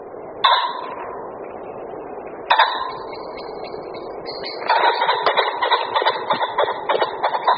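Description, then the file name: Common pheasant calling: two abrupt harsh notes a couple of seconds apart, followed by a drawn-out run of rapid, rasping pulsed notes. "Bažant-obecný"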